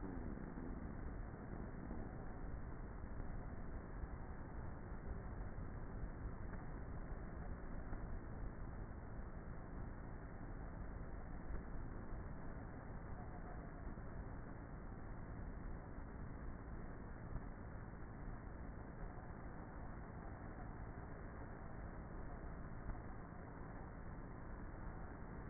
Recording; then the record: honeybee colony, microphone inside the hive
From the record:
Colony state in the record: queenless with a low population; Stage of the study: before two queens were removed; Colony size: about 30,000 bees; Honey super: no